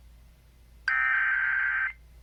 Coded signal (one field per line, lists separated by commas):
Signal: Emergency Alert System (SAME) tones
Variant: header bursts